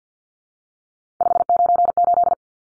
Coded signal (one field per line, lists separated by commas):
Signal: Morse code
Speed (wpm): 50 wpm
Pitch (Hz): 700 Hz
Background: none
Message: 598